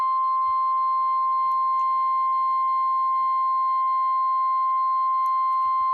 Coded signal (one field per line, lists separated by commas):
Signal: Emergency Alert System (SAME) tones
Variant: 1050 Hz attention tone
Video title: MONTANA SVRs IN FEBRUARY??? EAS Alerts from 2/19/2022 (EAS 882-884)